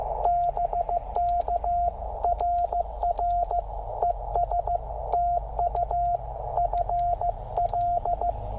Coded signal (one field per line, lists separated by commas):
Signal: Morse code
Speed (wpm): 15 wpm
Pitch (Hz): 690 Hz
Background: radio noise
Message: BK RR ES TU FL